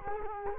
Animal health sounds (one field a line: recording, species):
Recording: mosquito wingbeat signal from an infrared sensor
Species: Culex quinquefasciatus